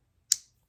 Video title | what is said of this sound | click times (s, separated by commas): Field Strip a Glock | got it make sure it clicks | 0.3 s